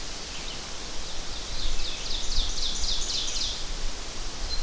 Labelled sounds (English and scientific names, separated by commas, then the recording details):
Ovenbird (Seiurus aurocapilla) song
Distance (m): 35 m
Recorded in boreal forest in Alberta, Canada, on 12 June 2016 at 06:53
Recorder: SongMeter 3, array SBT-3-18
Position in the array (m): 245 m, 95 m
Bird 31